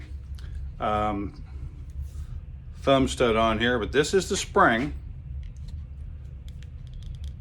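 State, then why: Not seated. A lock-back folding knife with a newly heat-treated spring and a thumb stud is handled while someone talks, followed by a few faint light ticks near the end. The blade has not yet locked open against the lock-back spring; nothing has seated or clicked yet.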